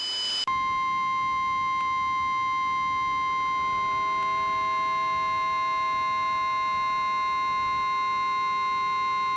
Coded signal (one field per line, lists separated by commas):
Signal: Emergency Alert System (SAME) tones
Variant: 853 and 960 Hz attention tone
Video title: EAS noob finally figures out how to make a realistic looking EAS